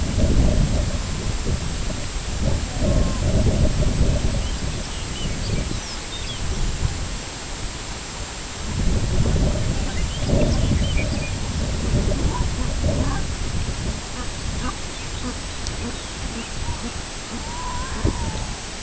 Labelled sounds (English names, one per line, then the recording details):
Red-throated Loon
Lapland Longspur
unidentified sound
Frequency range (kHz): Red-throated Loon 0.1-1.9 kHz; Lapland Longspur 1.4-6.7 kHz
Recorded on Arctic tundra, site IGLO-B, on 23 June 2018
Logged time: 13:59